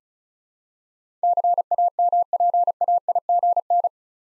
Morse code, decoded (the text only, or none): CAMPAIGN